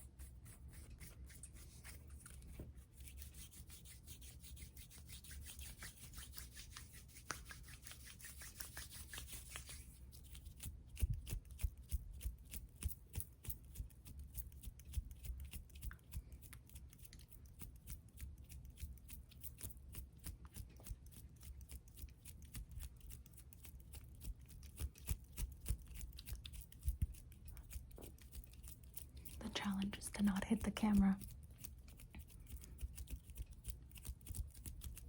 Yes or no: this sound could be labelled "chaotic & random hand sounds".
yes